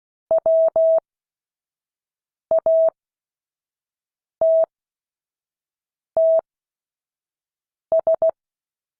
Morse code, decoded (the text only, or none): WATTS